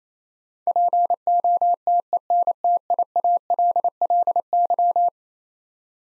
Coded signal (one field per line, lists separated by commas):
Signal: Morse code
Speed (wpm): 28 wpm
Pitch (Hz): 700 Hz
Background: none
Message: POTENTIALLY